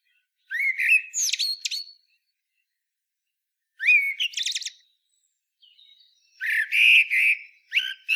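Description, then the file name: Common blackbird singing three fluting, warbled whistled phrases with squeaky high twittering, separated by pauses of a second or more. "Turdus merula"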